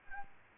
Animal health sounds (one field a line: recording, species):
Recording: mosquito wingbeat signal from an infrared sensor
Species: Aedes albopictus